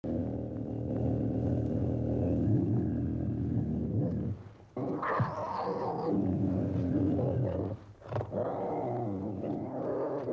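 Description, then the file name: Tiger producing a long, low, rough rumbling growl, nearly continuous, with two short dips in loudness midway. "tigre"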